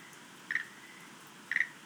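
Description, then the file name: Schlegel's green tree frog calls: two short, bright chirping notes about one second apart over a steady soft hiss of background noise. "rodolphe alexis - rhacophorus schlegelii"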